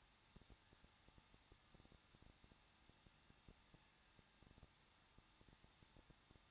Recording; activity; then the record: daily activity, microphone in the room; no activity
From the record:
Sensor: 3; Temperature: 21.2 degrees Celsius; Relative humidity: 36.3%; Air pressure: 1006.4 hPa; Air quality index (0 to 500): 221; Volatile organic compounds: 40 ppm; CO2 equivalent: 3145 ppm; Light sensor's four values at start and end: 2/3/2/2 and 2/3/2/2